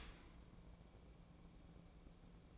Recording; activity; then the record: daily activity, microphone in the room; open dishwasher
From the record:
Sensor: 1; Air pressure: 1012.4 hPa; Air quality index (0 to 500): 171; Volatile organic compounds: 3 ppm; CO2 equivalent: 1398 ppm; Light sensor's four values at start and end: 344/790/348/383 and 345/793/349/384